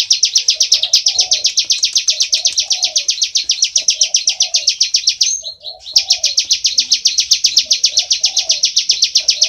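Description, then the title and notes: Bar-winged prinia pouring out quick buzzy chips for several seconds, pausing briefly midway, with soft lower notes repeating below. Continuous calling style known as ngebren, recorded for use as tutor audio (masteran) for training oriental magpie-robins. "Ciblek Ngebren Untuk Masteran Murai Batu. Suara burung ciblek"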